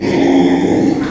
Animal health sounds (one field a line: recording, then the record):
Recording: squeal of a Yucatan mini pig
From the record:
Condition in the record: after surgery on the right vocal fold (resection and tissue-engineered implant)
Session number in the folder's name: 2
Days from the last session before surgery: 13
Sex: male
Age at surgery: 12 weeks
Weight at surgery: 13 kg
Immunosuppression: cyclosporine, prednisolone